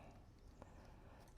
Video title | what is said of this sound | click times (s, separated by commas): Acura MDX (2014 - 2019) Honda Oem Wiper Blade Inserts Replacement - Front & Rear -Easy Full “How To” | a little harder push till it pops right in. | 0.6 s